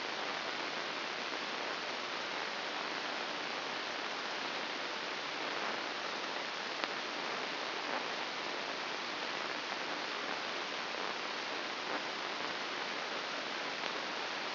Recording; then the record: brain microelectrode recording played as sound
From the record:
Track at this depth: inside the subthalamic nucleus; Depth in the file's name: 3.004 mm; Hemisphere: right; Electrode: 2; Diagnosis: Parkinson's disease